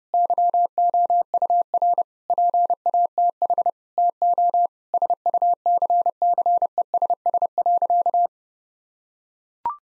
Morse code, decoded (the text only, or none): YOUR PATH TO SUCCESS.